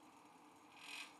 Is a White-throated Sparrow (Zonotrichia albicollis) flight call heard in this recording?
no